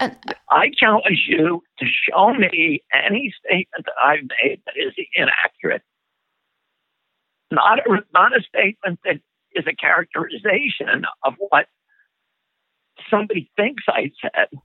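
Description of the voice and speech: Adult male speaker with spasmodic dysphonia, a condition of the throat muscles that leads to a shaking voice. The voice sounds strained and creaky, with rough, breathy breaks in phonation and frequent pauses between phrases.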